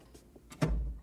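A door swings shut with a single heavy thud, a brief sharp knock followed by a deep low rumble that lingers for a moment before fading, with faint rustling before it.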